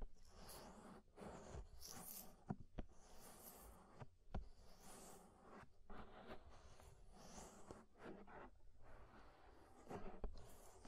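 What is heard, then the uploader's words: Scraping in and around an ear, a dense rustling and scratching that runs almost without pause. Short hissy strokes come in quick irregular bursts, with brief gaps near one, two and six seconds, and sharp clicks and taps near two and a half and four and a half seconds. Inner and Outer Ear Scraping (No Talking).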